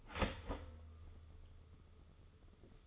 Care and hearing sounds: daily activity, microphone in the room; start toaster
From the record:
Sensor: 4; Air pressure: 995.2 hPa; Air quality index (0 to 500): 216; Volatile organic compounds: 263 ppm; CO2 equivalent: 4394 ppm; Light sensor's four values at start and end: 30/91/35/37 and 29/88/34/36

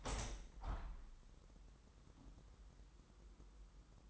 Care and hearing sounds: daily activity, microphone in the room; open window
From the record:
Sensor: 3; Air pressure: 998.6 hPa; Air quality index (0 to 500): 152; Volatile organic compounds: 5 ppm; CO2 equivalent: 1829 ppm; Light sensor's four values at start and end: 11/26/11/12 and 11/27/11/12

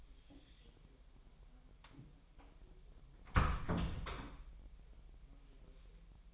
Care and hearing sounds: daily activity, microphone in the room; close door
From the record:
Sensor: 1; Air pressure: 1001.2 hPa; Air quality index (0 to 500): 250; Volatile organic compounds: 145 ppm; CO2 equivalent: 4002 ppm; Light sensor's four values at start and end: 12/29/12/13 and 12/29/12/13

